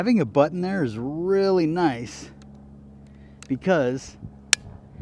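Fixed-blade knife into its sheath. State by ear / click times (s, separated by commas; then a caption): seated / 4.5 s. A fixed-blade outdoor knife is pushed into its sheath, which has button retention, while someone talks. A single sharp, loud click sounds at 4.5 s as the knife locks into the sheath.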